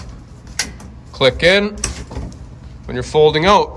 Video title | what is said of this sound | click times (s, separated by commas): Eskimo Eskape 2400 Flip Shelter Review | just press and then it slides down and you just go along and do all of them and they uh click | 0.6 s